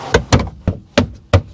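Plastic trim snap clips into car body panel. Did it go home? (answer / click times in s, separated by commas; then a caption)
yes / 0.3 s, 1.0 s, 1.3 s. Plastic push-in snap clips on a trim piece of a Toyota RAV4 are pressed by hand into the car body panel during a wheel speed sensor replacement, giving several sharp knocks. The clips snap in at 0.3, 1.0 and 1.3 seconds, and the trim is seated in place.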